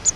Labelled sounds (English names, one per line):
Grace's Warbler flight call